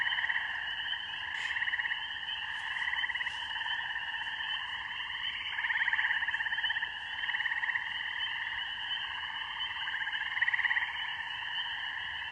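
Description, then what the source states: Spring peeper chorus: a constant layered din of high frog peeps and trills, rising in intensity now and then, with a few faint clicks early on. Mating song of spring peepers with other frogs in a rural beaver pond in the evening; captured on an iPhone with Voice Record Pro.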